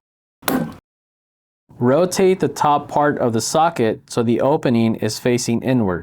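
A new lid gas spring's bottom end is pushed to the left onto its ball-stud socket on the lid hinge of a CEM Smart System 5 moisture analyzer, and it snaps into place with a sharp, short hit at 0.5 s. After a pause, someone talks for the rest of the clip.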